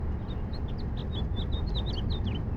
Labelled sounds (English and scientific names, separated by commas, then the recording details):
House Finch (Haemorhous mexicanus) song
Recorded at Valley Stream on Long Island, New York, on 17 June 1975
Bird AD